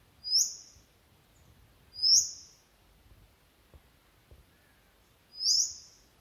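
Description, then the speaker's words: Golden Whistler, three high, thin, drawn-out seep notes with pauses between. Recorded on a phone in Barmah National Park, Yorta Yorta Country, New South Wales, Australia; little whistle ending in a drawn-out seep, illustrating how the species varies by location. "Hear how this golden whistler has a very cute little whistle that ends with a drawn-out seep sound."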